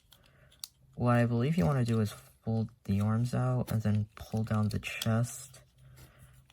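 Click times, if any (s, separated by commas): none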